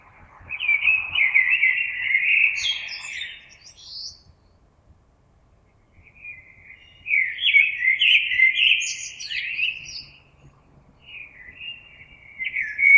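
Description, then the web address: Common blackbird singing fluted, warbling phrases that finish in squeaky high twitters, with short silences between phrases. Recorded 26 April 2022. "oiseaux Merle 2022 04 26"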